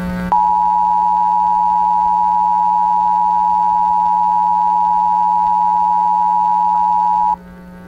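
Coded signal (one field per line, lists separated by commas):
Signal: Emergency Alert System (SAME) tones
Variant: 853 and 960 Hz attention tone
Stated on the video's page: Valid EAS tones in a fictional animated story.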